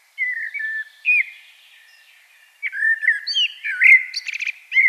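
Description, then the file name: Common blackbird singing low, fluting whistled notes, a pause, then a richer warbled phrase that rises into thin, scratchy high twittering. "Turdus merula"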